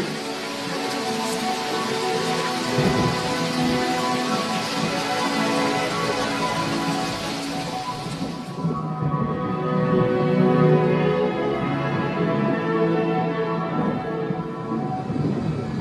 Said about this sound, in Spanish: Y además, esta tormenta estaba cooperando.